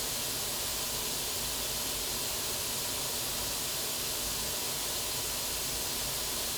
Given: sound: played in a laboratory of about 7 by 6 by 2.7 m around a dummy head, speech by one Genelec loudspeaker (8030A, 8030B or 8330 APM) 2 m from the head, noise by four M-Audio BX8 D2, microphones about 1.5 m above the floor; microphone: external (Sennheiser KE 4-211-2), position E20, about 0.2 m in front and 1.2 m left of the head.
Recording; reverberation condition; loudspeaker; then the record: white noise; low; four, about 170 cm from the corners of the room and facing them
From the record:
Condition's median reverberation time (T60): about 310 ms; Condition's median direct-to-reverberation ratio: about 3.5 dB